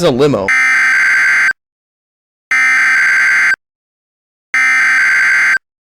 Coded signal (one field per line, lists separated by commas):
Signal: Emergency Alert System (SAME) tones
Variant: header bursts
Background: speech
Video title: EAS #12 - Tornado Warning